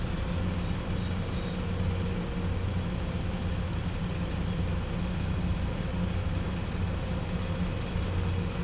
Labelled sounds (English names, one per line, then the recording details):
none
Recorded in pastures near Puerto Asís, Putumayo, Colombia, on 16 December 2024 at 06:00
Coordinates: 0.505, -76.324
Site G063